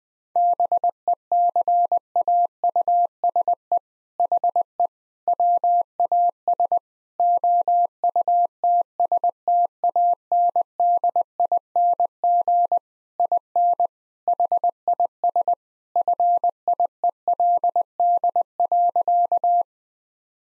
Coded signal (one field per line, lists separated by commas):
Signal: Morse code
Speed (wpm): 21 wpm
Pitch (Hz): 700 Hz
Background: none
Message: BECAUSE HE WAS OUTSTANDING IN HIS FIELD.